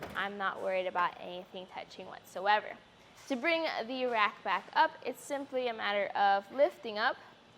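A woman talks throughout as a tilted Thule Epos hitch bike rack on a 2023 Cadillac XT4 is about to be lifted back up to its upright position on its hitch mount. Its metal tilt latch has not clicked or seated yet, and no other distinct sounds stand out over the voice.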